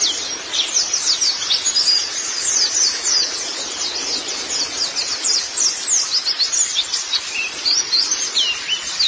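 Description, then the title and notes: White-eye giving a lively, unbroken twittering song of thin, high chirps and squeaks. "Kicauan Burung Pleci Durasi Panjang. Suara kicauan burung pleci"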